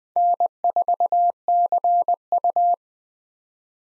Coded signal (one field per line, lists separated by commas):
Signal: Morse code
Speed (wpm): 20 wpm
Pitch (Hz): 700 Hz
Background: none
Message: N4CU